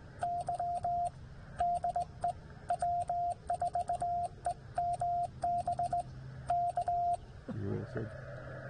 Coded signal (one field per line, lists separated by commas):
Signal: Morse code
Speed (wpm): 18 wpm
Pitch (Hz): 700 Hz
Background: radio noise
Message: Y DE W4EMB K